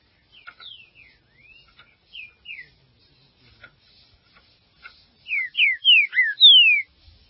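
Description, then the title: Green-winged saltator song: scattered soft whistles and clicks, then a loud run of falling whistled slurs ending in a long descending note. "Trinca Ferro"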